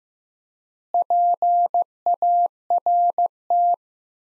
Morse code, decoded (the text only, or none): PART